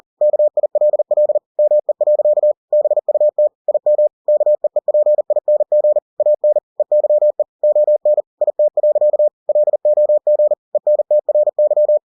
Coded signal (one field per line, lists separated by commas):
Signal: Morse code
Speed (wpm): 40 wpm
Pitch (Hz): 600 Hz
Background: none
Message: KILL ME. BUT IM KEEPING AN EYE ON IT. LOG ENTRY